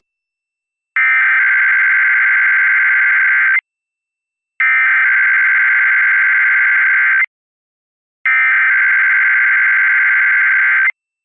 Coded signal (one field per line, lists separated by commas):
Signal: Emergency Alert System (SAME) tones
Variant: header bursts